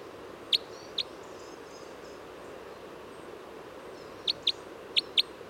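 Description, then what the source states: Red crossbill flight calls, sharp high kip notes given in quick pairs, a pair near the start and two more pairs near the end, over faint steady background hiss. Type N red crossbill; flight calls.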